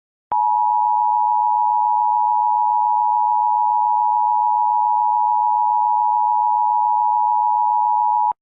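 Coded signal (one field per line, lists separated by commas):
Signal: Emergency Alert System (SAME) tones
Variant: 853 and 960 Hz attention tone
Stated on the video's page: EAS scenario, a fictional alert.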